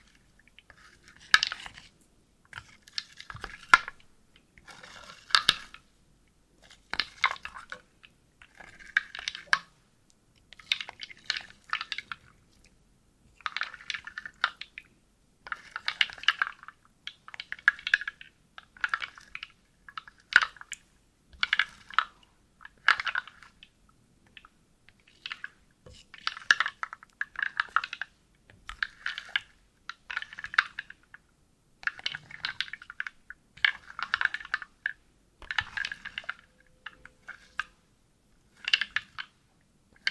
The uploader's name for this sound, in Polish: Drewniana zupa